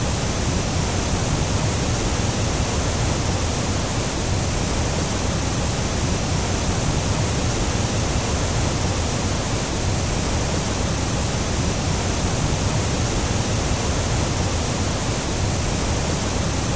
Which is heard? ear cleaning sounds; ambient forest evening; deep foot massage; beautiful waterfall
beautiful waterfall